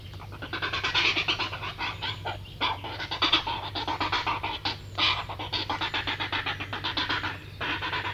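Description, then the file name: Grey heron rapid chatter of harsh, clicking notes repeated several times per second almost without break, over a low hum. "Grey Heron (Ardea cinerea)"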